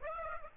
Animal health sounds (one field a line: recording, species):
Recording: mosquito wingbeat signal from an infrared sensor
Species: Aedes aegypti